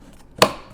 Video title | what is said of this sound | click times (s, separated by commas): Mail Time #5: Four Mini-Reviews! | right so now we take the ball itself and lock | 0.4 s